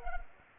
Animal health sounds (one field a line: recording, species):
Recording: mosquito wingbeat signal from an infrared sensor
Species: Culex pipiens